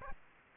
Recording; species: mosquito wingbeat signal from an infrared sensor; Aedes aegypti